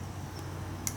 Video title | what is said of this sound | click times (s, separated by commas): Fast and Furious Turbo Eclipse Engine Build (Built On A Budget) | once you hear the snap, | 0.9 s